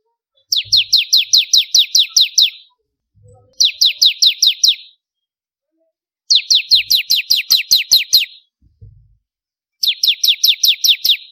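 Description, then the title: Prinia song: four rattling bursts of bright descending chips, with faint low clicks underneath. "Kicau Ciblek Kristal"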